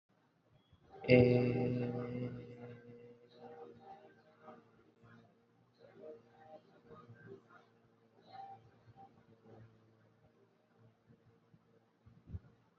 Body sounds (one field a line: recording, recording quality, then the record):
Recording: sustained vowel as in made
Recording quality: excellent, no background noise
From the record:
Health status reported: healthy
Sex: male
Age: 25 years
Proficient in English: yes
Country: India